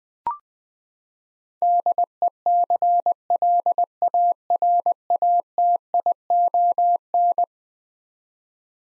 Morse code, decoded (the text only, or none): DECLARATION